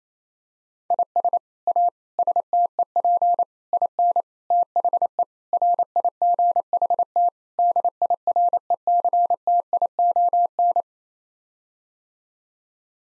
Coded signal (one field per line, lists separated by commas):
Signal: Morse code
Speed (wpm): 28 wpm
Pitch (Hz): 700 Hz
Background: none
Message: IS A STEP IN THE RIGHT DIRECTION